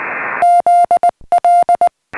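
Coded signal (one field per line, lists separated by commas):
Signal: Morse code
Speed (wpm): 19 wpm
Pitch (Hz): 700 Hz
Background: music, radio noise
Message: ZL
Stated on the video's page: Summits on the Air CW activation in the field, keyed with prototype circuit-board CW paddles from a kit, on an FT-817ND transceiver.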